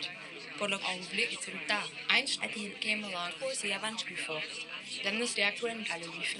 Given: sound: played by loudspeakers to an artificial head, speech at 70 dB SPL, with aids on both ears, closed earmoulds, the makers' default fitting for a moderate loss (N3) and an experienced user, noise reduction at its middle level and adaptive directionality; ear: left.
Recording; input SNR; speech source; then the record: speech test signal (ISTS) in cocktail-party noise; +3 dB; in front (0 degrees)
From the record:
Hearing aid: class 2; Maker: I